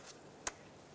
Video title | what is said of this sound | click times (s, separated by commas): How to Replace Rear Oxygen Sensor 2001-2007 Toyota Highlander | make sure it clicks there we go and | 0.5 s